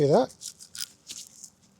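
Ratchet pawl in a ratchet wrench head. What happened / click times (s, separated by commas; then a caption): The ratchet pawl begins to catch with faint clicks / 0.8 s, 1.3 s, 1.4 s. Someone talks briefly while working a rusty steel ratchet wrench, and the ratchet pawl in its head starts to engage with faint clicks at 0.8, 1.3 and 1.4 seconds. The pawl is only beginning to catch, so the wrench is partly ratcheting.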